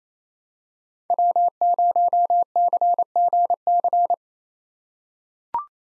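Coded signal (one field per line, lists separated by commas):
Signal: Morse code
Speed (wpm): 28 wpm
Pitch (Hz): 700 Hz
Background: none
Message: W0CGC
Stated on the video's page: Morse practice drill at 28 wpm: common POTA hunter callsigns, each sent twice, for head-copy drills.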